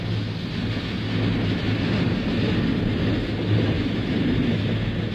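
A heavy train rumbles and clatters steadily as its driver brakes hard to a sudden stop after a pistol-shot signal, a deep continuous roar with a thin high squeal running above it, loud throughout and with no voices.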